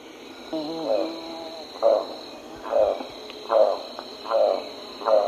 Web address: Natures Songs S America Eastern Lowlands. Selenidera reinwardtii, song